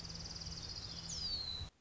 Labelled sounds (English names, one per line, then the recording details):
Orange-crowned Warbler
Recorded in Sonoma County, California